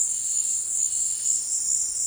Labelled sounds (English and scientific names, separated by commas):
none